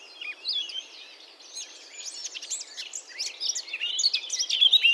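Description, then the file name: Eurasian blackcap warbling: a rapid, jumbled run of varied chattering and scratchy notes, growing louder and clearer toward the end. "Sylvia atricapilla"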